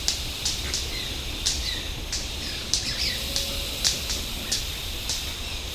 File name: White-bearded Manakin